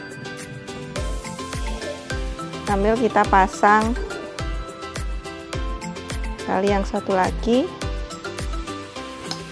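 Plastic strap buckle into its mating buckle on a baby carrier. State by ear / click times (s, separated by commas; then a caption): seated / 9.3 s. A plastic side-release buckle on the other strap of a soft-structured baby carrier is pushed into its mating buckle while the baby is held. Someone talks over steady background music with a regular beat. A short, sharp click stands out at 9.3 s as the buckle seats shut.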